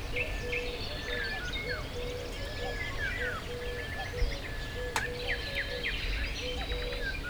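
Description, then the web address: Birds calling in a dense chorus of overlapping chirps, trills and short whistles, over a steady low rumble and a repeated low tone. Hortobágy fishponds, Hungary, 2014; at the inner terminal station of the narrow-gauge railway; diverse birdlife. "hanggyujtemeny kisvasut hortobagyihalastavak 2014 termeszet sokszinumadarvilag belsovegallomas"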